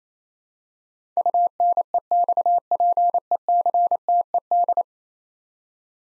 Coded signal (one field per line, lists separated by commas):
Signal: Morse code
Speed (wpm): 28 wpm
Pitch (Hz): 700 Hz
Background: none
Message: UNEXPECTED